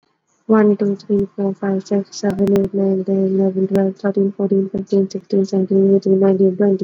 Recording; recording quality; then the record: counting at a normal pace; excellent, no background noise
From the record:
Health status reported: exposed to COVID-19, no respiratory illness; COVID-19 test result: not tested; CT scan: not taken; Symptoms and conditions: cough, cold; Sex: female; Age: 18 years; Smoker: yes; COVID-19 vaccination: both doses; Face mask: worn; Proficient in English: yes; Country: India